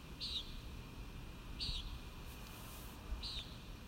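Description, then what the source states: Common nighthawk giving short buzzy nasal peent calls, three in four seconds, about one and a half seconds apart, over steady low rumbling background noise. Recorded at Kissimmee on 1 May 2019.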